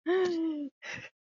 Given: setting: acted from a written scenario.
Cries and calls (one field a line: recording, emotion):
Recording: vocal sound without words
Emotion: embarrassment